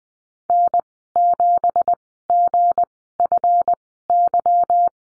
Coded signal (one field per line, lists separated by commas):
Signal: Morse code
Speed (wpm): 20 wpm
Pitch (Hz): 700 Hz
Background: none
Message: N7GFY